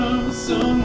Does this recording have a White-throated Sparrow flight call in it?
no